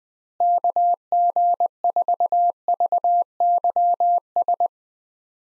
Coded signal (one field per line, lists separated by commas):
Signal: Morse code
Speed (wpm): 20 wpm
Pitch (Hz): 700 Hz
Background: none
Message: KG4VYS